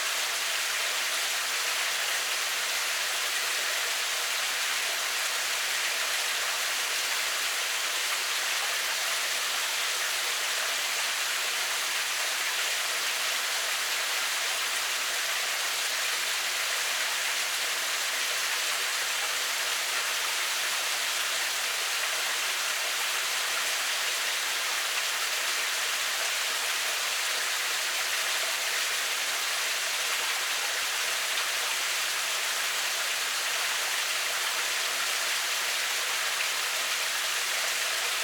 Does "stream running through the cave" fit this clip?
yes